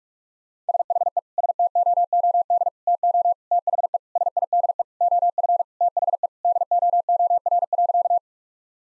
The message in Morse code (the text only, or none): SHE STOOD TO THE SIDE OF THE DOOR.